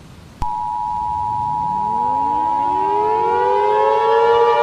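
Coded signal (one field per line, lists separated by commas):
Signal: Emergency Alert System (SAME) tones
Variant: 853 and 960 Hz attention tone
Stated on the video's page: Fictional EAS scenario preview using valid EAS tones.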